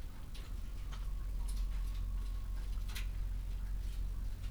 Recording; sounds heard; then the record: poultry house recording; sick chickens (respiratory disease)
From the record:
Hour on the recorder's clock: 22